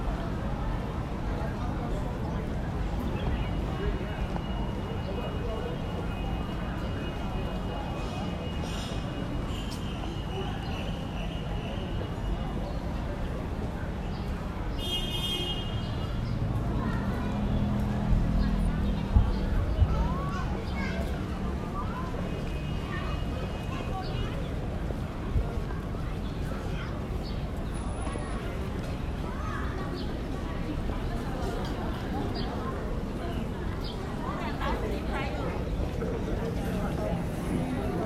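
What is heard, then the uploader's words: A busy town square in Sai Kung, filled with a steady murmur of many voices talking. Low traffic rumble runs underneath throughout, with a brief louder passing vehicle around the twentieth second and occasional light clinks and thuds. Sai Kung Square (New Territories, SAR Hong Kong/China).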